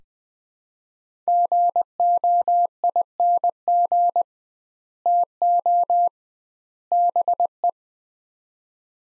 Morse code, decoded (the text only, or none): GOING TO BE